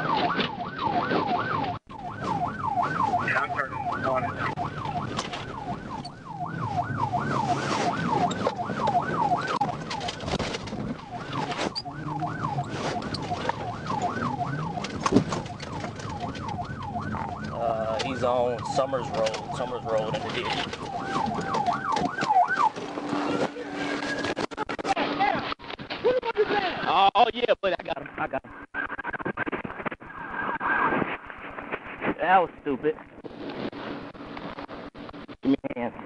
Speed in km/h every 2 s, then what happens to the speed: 15, 15, 21, 29, 21, 23, 32, 37, 23, 21, 0, 0, 0, 0, 0, 0, 0, 0.
3-6 speeds up to 29. 6-9 slows to 21. 9-12 speeds up to 32. 14-20 brakes to 0. 20-36 standing.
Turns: 0-4.